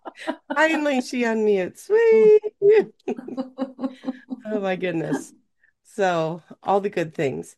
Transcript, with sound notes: Finally, she unmutes. Wee.
(laughs)
Oh my goodness. So, all the good things.